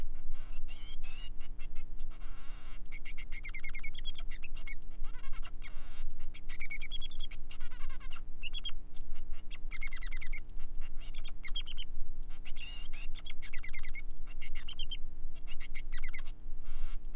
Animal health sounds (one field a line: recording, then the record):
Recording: song of a male Bengalese finch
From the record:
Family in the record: son of father 3